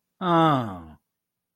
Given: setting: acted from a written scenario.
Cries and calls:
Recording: vocal sound without words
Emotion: realization

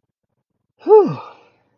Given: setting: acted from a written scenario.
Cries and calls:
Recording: vocal sound without words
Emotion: relief

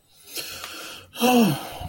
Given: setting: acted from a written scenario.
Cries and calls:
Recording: vocal sound without words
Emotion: distress

